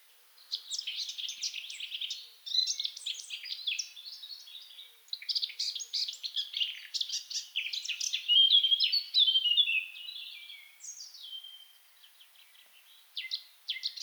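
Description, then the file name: Eurasian blackcap song, bursts of fast, varied warbling notes with short pauses between them. "Sylvia atricapilla"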